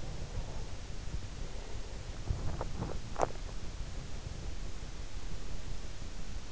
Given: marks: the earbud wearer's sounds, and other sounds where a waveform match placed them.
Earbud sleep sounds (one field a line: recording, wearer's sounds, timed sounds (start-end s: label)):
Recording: sounds in sleep by an in-ear microphone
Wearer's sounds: swallowing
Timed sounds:
2.08-3.77 s: swallowing